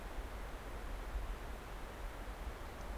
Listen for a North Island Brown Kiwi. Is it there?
no